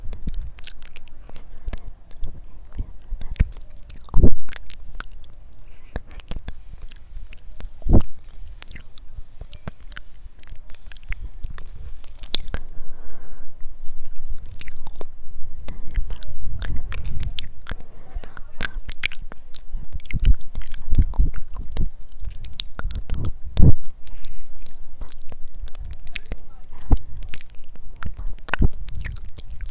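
Wet mouth sounds and soft clicks fill the recording, with quiet chewing-like smacks and squishes throughout. Sharp louder pops stand out around 4, 8, 20 and 23 seconds, while a low murmur swells faintly in the middle stretch.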